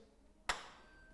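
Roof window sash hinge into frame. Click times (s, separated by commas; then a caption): 0.5 s. A Velux Integra Electric roof window sash is rotated back around on its hinges into the frame after the bolt is undone. A single sharp click at 0.5 s rings out briefly over quiet background. The hinge locks seat and the sash is secure.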